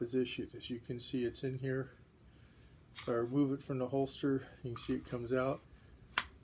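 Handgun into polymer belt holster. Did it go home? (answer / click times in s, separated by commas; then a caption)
yes / 6.2 s. Someone talks while drawing an S&W Shield pistol from a Blade-Tech polymer outside-the-waistband belt holster with belt loops, worn at about the three o'clock position, then reholstering it. A single sharp click sounds at 6.2 s as the pistol seats, and it sits pretty secure.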